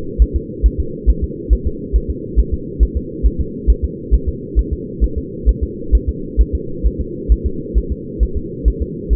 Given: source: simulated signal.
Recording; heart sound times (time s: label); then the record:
fetal heart sounds
0.22 s: S1
0.36 s: S2
0.66 s: S1
0.80 s: S2
1.09 s: S1
1.24 s: S2
1.53 s: S1
1.67 s: S2
1.96 s: S1
2.10 s: S2
2.39 s: S1
2.54 s: S2
2.83 s: S1
2.97 s: S2
3.26 s: S1
3.41 s: S2
3.70 s: S1
3.84 s: S2
4.14 s: S1
4.29 s: S2
4.59 s: S1
4.73 s: S2
5.04 s: S1
5.18 s: S2
5.49 s: S1
5.63 s: S2
5.95 s: S1
6.09 s: S2
6.41 s: S1
6.55 s: S2
6.86 s: S1
7.01 s: S2
7.32 s: S1
7.46 s: S2
7.78 s: S1
7.92 s: S2
8.23 s: S1
8.37 s: S2
8.68 s: S1
8.82 s: S2
9.13 s: S1
From the record:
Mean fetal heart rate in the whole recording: 135 bpm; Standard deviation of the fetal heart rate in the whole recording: 3 bpm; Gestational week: 34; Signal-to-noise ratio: -4.3 dB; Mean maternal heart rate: 72 bpm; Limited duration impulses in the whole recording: absent